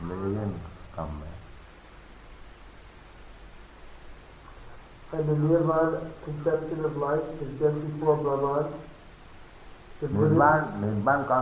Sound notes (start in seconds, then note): none